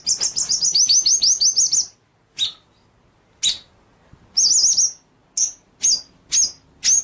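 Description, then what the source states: White-rumped shama song opening with a rapid, wavering whistled trill, then a pause and separate sharp, high whistled notes, with a brief trill among them. Murai batu masteran (training) track of full ngerol nembak song: continuous rolling song with sharp, shot-out notes.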